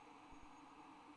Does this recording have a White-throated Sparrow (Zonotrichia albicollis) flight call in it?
no